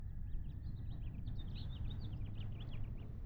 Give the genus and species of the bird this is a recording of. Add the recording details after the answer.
Haemorhous mexicanus. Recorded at Hewlett Bay Park on Long Island, New York, on 10 June 1975. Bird A